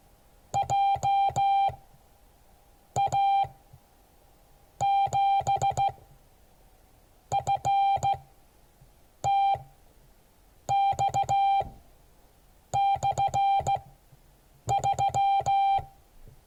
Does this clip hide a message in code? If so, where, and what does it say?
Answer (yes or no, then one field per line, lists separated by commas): yes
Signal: Morse code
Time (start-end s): 0.6-15.8 s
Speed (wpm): 16 wpm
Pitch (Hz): 790 Hz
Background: none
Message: JA7FTX/3